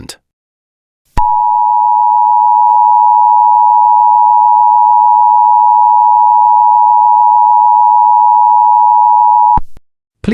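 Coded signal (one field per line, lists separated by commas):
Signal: Emergency Alert System (SAME) tones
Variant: 853 and 960 Hz attention tone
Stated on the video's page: Fictional EAS scenario about a zombie virus outbreak in the United Kingdom; not real.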